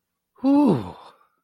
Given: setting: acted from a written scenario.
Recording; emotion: vocal sound without words; pride